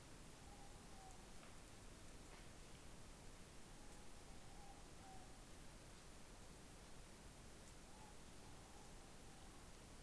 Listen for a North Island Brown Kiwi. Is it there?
no